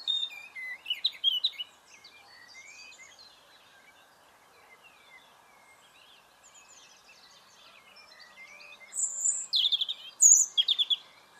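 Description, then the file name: European robin with a rapid, twittering high phrase, a long quieter gap with faint background calls, then a final bright burst of thin whistles. "Erithacus rubecula"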